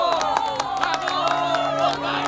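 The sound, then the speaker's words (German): A crowd applauds and cheers, with steady, dense clapping and excited shouts and whoops rising over a continuous roar of many voices, loud throughout. The crowd is cheering a man arriving with his wives. “Hören Sie den Beifall und die Begeisterungsrufe der Menge.”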